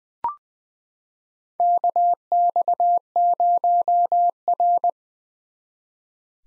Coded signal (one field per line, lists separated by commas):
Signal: Morse code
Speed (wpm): 20 wpm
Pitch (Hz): 700 Hz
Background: none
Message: KX0R